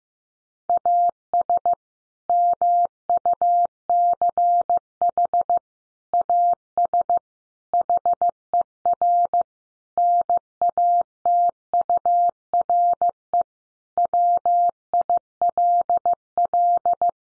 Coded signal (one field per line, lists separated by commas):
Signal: Morse code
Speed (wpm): 15 wpm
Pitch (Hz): 700 Hz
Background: none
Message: AS MUCH AS HER NATURE WILL